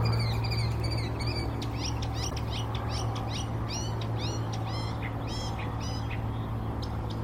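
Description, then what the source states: Northern mockingbird singing a rapid string of repeated sharp, slurred high notes, switching to a new phrase type after a few repeats, over a steady low hum. In Old South Cemetery on 17 April 2024.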